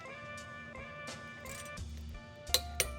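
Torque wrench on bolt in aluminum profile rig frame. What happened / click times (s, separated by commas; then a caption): The torque wrench clicked at its set torque / 2.5 s, 2.8 s. A torque wrench tightens a bolt on the aluminum profile frame of a sim racing rig chassis while guitar music plays in the background. Two sharp clicks sound at 2.5 and 2.8 seconds as the wrench reaches its set torque, confirming the bolt is tightened to spec.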